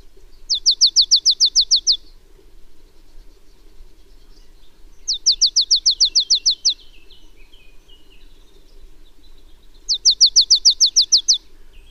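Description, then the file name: Marsh tit calling in three quick bursts, each a run of about ten high, sharp notes, spaced roughly every five seconds, with quieter notes between. "Poecile palustris"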